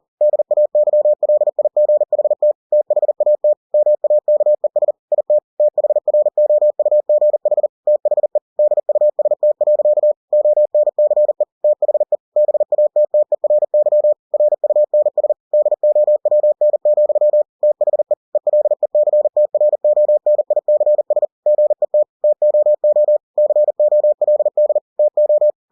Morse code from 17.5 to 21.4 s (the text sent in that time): THE ELECTRONICS